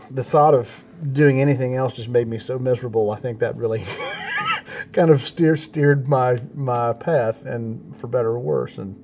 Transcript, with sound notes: And the thought of doing anything else just made me so miserable. I think that really [laughs] kind of steered my path, for better or worse.